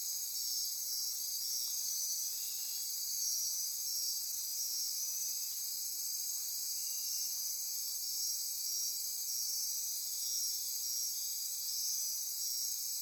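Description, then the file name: Insects trilling together in a constant high, ringing drone. Insect chorus recorded at midnight near Corcovado. "Wind-is-the-Original-Radio-Fridays 20240628 Andy-Martin Midnight-Insect-Chorus-Near-Corcovado"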